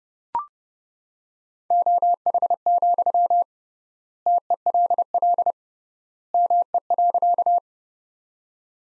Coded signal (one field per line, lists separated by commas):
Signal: Morse code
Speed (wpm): 31 wpm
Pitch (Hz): 700 Hz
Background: none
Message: OH, TELL ME.